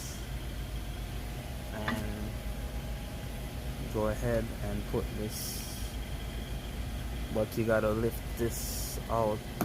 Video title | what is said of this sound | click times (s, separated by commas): Hyundai elantra outside door handle replacement | you were here lock into place go | 1.9 s